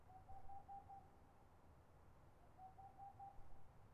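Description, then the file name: Boreal owl with two fast series of level, evenly spaced hoots about two seconds apart, over a low hum. Recorded 22 March 2013. "20130322-Pärluggla"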